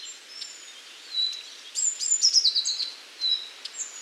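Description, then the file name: Eurasian blue tit calls, a quick run of sharp, high, descending notes midway through, framed by thin whistled notes and soft background hiss. "Cyanistes caeruleus"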